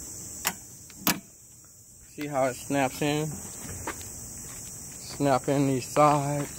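During assembly of a new Honda lawnmower, a plastic part, possibly a handle or bag clip, is fitted into the mower body or handle and snaps into place. Two short, sharp clicks come at 0.5 s and 1.1 s over a steady high-pitched hiss. Someone then talks.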